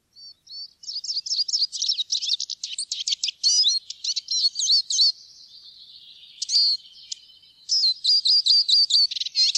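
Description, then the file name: Eurasian siskin giving fast, high-pitched twittering runs of chirps, a brief quieter pause, then another burst of rapid tinkling notes. "groennsisik"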